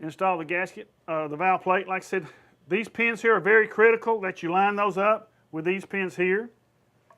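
Someone talks while handling a metal valve plate and gasket over the case-hardened locating pins on a Carrier compressor deck, lining the plate up with the pins because they are critical and break easily. The plate is meant to be pressed flush until it snaps in place, but nothing has seated or clicked yet when the clip ends.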